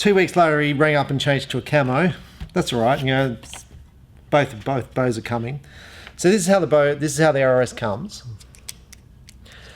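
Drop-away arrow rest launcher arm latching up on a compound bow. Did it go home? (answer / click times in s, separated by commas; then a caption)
yes / 8.7 s. Someone talks, then the launcher arm of a Truglo Lockfire drop-away arrow rest on a compound bow is raised until it latches in the up position. A sharp mechanical click at 8.7 s marks it locking in place, like a QAD rest, followed by a few small taps.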